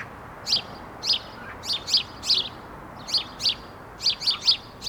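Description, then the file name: House sparrow calling with sharp repeated chirps, roughly two or three per second in loose clusters, clear over light background noise. "Passer domesticus"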